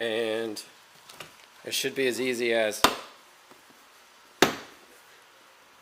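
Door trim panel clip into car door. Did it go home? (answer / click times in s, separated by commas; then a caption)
yes / 4.4 s. Someone talks while a plastic door trim panel is pressed back onto a Scion xB car door. At 4.4 s a single sharp snap is heard as the panel's retaining clip clicks into the metal door, seating it and sealing the panel.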